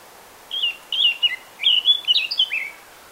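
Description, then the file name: Eurasian blackcap giving a short run of clear warbling notes, lasting about two seconds over faint background hiss. "Sylvia atricapilla"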